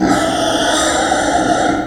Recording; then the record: squeal of a Yucatan mini pig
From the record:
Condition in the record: before surgery on the right vocal fold (resection and tissue-engineered implant); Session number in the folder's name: 3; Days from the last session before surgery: 0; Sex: female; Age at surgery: 19 weeks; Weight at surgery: 25 kg